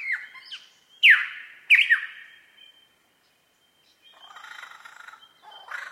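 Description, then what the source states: Superb lyrebird song with loud, sharp downward-sweeping notes, a brief silence, then a soft, scratchy, chattering phrase and a final harsh burst. Recorded at Mount Airly; date given as 30 May 2011.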